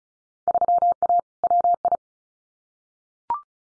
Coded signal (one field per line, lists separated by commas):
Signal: Morse code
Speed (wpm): 34 wpm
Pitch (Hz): 700 Hz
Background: none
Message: 3A WI